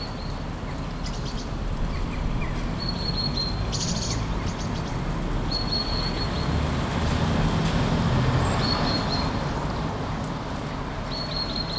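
Light rain falls steadily on city streets, a dense, even patter over a low, constant rumble of traffic. Short, high bird chirps cut through every second or two, and the overall level stays nearly unchanged throughout.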